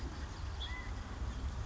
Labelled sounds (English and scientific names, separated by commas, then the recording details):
House Finch (Haemorhous mexicanus)
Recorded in Sonoma County, California